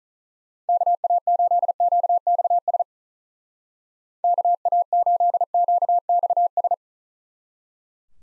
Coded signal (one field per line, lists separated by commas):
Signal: Morse code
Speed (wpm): 47 wpm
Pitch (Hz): 700 Hz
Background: none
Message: KA8QXS KA8QXS